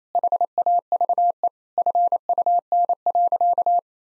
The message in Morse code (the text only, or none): HAVE FUN.